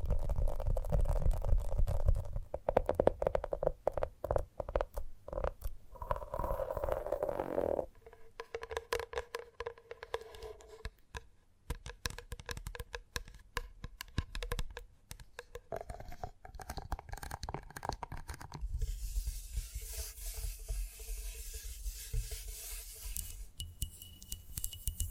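Gentle tapping runs throughout in quick, irregular bursts of soft clicks, dense at times and sparse at others. A low hum and some steady mid tones sit underneath, and the taps thin out briefly around ten to twelve seconds before resuming with a hissy background.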